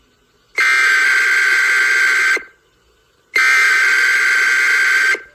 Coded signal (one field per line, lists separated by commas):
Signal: Emergency Alert System (SAME) tones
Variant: header bursts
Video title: Eas SENARIO